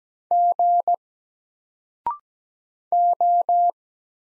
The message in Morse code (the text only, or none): G O